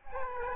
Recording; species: mosquito wingbeat signal from an infrared sensor; Aedes aegypti